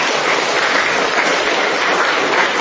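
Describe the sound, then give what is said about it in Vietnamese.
A church audience claps steadily for a few seconds during a sermon, a dense, even wash of many hands with no voices rising above it. “Làm thì cho một tràng pháo tay thưa anh chị em.”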